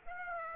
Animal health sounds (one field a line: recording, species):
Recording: mosquito wingbeat signal from an infrared sensor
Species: Aedes aegypti